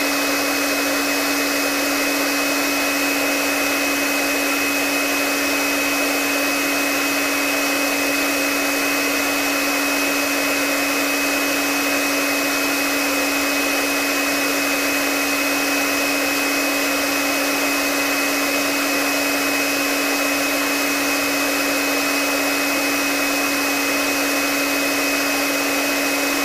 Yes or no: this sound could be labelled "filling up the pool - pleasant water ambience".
no